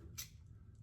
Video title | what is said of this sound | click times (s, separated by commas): Sneak Peek-“Razor Works” New Pivot Head Razor, Personna DE Blade, Proraso Green & Emperor 3 Brush. | And you can see it just kind of snaps right in. | 0.2 s